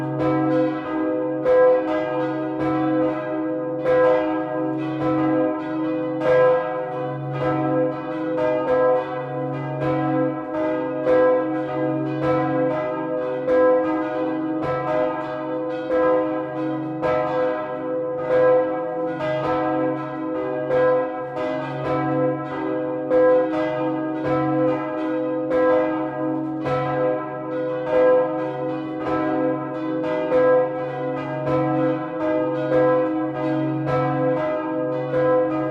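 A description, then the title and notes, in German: Church bells ring continuously from a tower, several bells sounding together in a steady, rapid sequence of overlapping strokes about twice a second. The tones are rich and ringing, with a low hum underneath and long sustained overtones, at a constant loudness throughout. Ansbach in Mittelfranken. Der schlanke, zweigeschossige Glockenturm der Ludwigskirche trägt vier Glocken. Sie wurden von Joseph Probst in Nördlingen gegossen.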